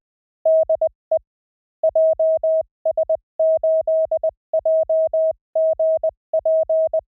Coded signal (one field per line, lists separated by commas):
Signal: Morse code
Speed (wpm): 20 wpm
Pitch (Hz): 640 Hz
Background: none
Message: DE JS8JGP